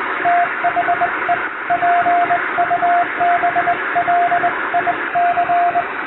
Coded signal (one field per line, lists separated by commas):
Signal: Morse code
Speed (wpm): 21 wpm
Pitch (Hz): 700 Hz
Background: radio noise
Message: THE PUBLIC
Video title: 通信技術の原点、最古のデジタル技術！モールスを後世に継承しよう！欧文ＣＷを縦振り電鍵で叩きました。生身のモールスでアマチュア無線の練習をしてみませんか(morse code practice )